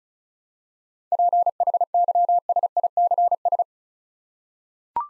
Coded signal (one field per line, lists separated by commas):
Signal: Morse code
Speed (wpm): 36 wpm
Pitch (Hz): 700 Hz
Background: none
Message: PHYSICS